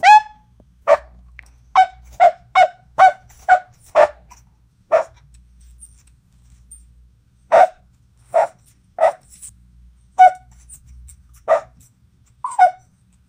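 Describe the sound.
Dog: puppy yelping, a string of short, sharp, harmonic yelps, some in quick runs of several, others spaced a second or more apart, with a faint low rumble underneath.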